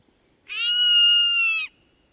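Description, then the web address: Zone-tailed hawk utters a single sustained, nasal scream, steady in pitch, dipping slightly in pitch and cutting off abruptly at the close. "Songs of Birds of North America Know Your Bird Sounds Common Western Species. Zone-tailed Hawk"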